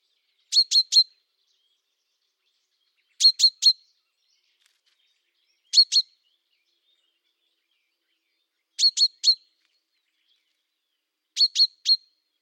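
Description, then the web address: Common chaffinch giving sharp, clipped pink notes in tight bursts of mostly three, a burst every two to three seconds against a silent background. "Deverinetal"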